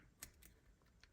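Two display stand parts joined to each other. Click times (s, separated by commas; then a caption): 0.2 s. Two plastic parts of the display stand for a PPC Jet2 Holidays Airbus A321 G-HLYF 1:200 scale model (PP-291034) are pushed together by hand. A sharp click at 0.2 s marks the pieces clipping in, followed by fainter ticks around 0.5 s and 1.0 s. The two stand parts are seated together.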